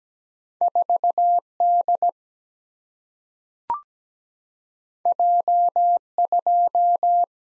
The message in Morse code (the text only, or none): 4 D J 2